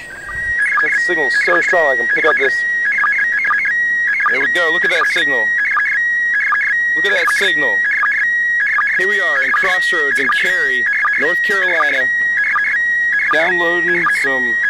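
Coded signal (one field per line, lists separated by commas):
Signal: SSTV (slow-scan television)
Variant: PD 180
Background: speech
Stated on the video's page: SSTV image received from the ham radio transmitter aboard the International Space Station.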